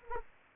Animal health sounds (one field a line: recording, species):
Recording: mosquito wingbeat signal from an infrared sensor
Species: Anopheles arabiensis